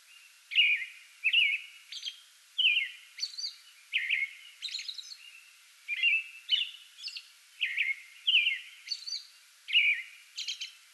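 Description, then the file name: American robin singing continuously, liquid whistled phrases alternating with high, thin squealing notes. Singing before dawn from a small tree in a front yard, recorded 8 May 2022. "2022-05-08 American Robin pre-dawn singing from small tree in front yard"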